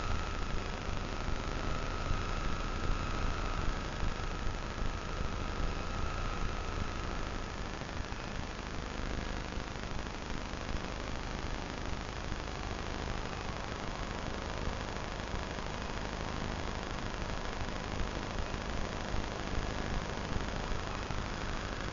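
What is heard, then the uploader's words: Electromagnetic interference heard as a dense, steady hiss and hum, with a faint whining tone fading out after about seven seconds. Vlad designed it for hearing the invisible electromagnetic frequencies that surround us. Ether is a handheld object, a little black box, that contains a magnetic antenna and an integrated electronic antenna. This episode of sonic sketchbooks is built entirely from sounds detected by Ether as I wandered about the streets of my local neighbourhood. The composition time-smears and overlays excerpts from an hour long recording I made on a 3km roundtrip walk.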